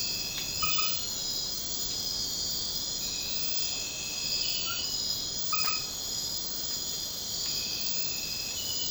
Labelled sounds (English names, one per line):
none